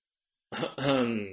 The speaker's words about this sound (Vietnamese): khẽ ho nhẹ một tiếng nghiêm nghị, nói.